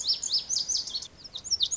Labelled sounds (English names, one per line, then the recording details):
Lazuli Bunting
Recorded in Sonoma County, California